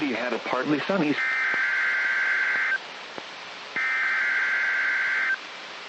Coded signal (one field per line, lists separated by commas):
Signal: Emergency Alert System (SAME) tones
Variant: header bursts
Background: speech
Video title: Severe Thunderstorm Watch for NW Iowa 7/8/26 EAS #76